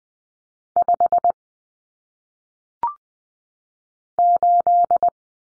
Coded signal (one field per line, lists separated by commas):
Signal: Morse code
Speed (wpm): 20 wpm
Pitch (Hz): 700 Hz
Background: none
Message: 5 8